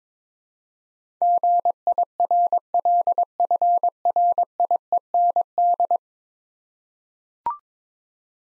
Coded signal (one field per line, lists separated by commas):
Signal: Morse code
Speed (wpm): 22 wpm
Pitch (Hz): 700 Hz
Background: none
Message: GIRLFRIEND